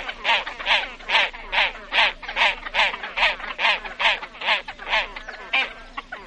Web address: great crested grebe